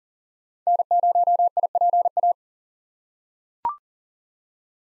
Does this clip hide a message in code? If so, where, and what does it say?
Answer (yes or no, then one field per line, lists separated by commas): yes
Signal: Morse code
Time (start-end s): 0.7-2.3 s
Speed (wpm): 40 wpm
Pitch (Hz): 700 Hz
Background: none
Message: N0IPA